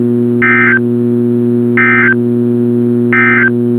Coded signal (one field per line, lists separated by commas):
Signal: Emergency Alert System (SAME) tones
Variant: end-of-message bursts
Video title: CRP Required Weekly Test on WXK26 (EAS 447) - 02/23/2022